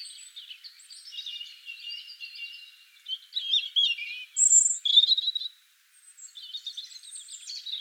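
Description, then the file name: European robin song as a sweet, high warble of jumbled notes and trills, brightening midway, a brief silence, then softer high phrases. "Erithacus rubecula"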